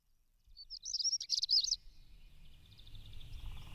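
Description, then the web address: European stonechat giving a short, dry, scratchy high warble of rapid notes. "agykontroll Madardalok Cd 2. Cigánycsuk"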